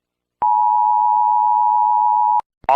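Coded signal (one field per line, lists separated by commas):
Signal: Emergency Alert System (SAME) tones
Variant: 853 and 960 Hz attention tone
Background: speech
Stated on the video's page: Fictional EAS scenario crossover, simulated alert.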